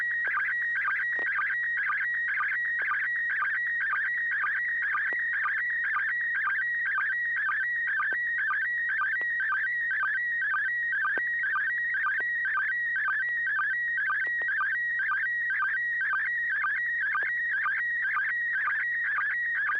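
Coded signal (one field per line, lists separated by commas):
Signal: SSTV (slow-scan television)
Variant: PD120 mode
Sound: warbling, chirping tone sweeping in pitch, with a rhythmic tick about twice a second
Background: low steady hum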